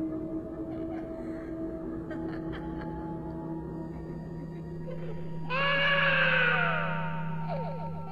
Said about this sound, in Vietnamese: Bên tai của tránh hội mơ hồ có tiếng cười, tiếng khóc, tiếng trẻ con chạy, thậm chí có đôi lúc tiếng bước chân loạt xoạt.